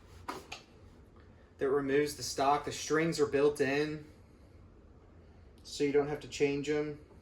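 A detachable stock is being handled against the body of an electronic MIDI guitar, with two faint hits near 0.3 s and 0.5 s while someone talks. The stock has not yet slid fully on, and nothing has seated or clicked yet.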